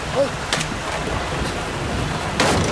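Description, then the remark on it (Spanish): A steady, dense rush of a swollen river beside a cabin under heavy rain, a constant hiss-like roar with a couple of brief louder surges breaking through. “¿Qué es ese ruido? Es el río.”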